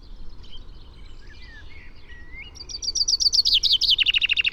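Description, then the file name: Common chaffinch song: a run of bright notes dropping into a loud lower trill, after softer whistled calls from other birds. "Fringilla coelebs"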